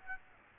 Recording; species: mosquito wingbeat signal from an infrared sensor; Aedes aegypti